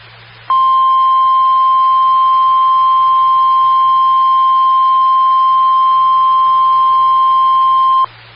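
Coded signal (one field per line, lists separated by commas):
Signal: Emergency Alert System (SAME) tones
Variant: 1050 Hz attention tone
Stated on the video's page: Alert tones heard on a 147.255 MHz SKYWARN amateur repeater.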